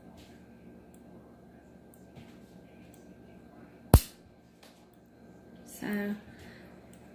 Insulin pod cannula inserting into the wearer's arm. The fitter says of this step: heard it click she felt the insertion and